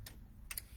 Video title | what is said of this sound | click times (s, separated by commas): Friday Live 1.30.25 | and slide it in. And it, see, it basically slid right into place. You'll hear that click. | 0.5 s, 0.6 s